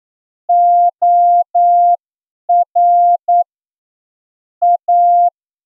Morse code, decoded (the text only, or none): OR A